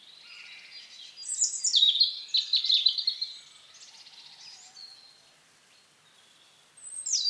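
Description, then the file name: European robin song: one rich, rapid tumble of high, tinkling and slurred notes, then faint twitters and a sharp high note at the very end. "Erithacus rubecula"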